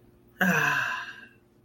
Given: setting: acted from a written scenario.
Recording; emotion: vocal sound without words; serenity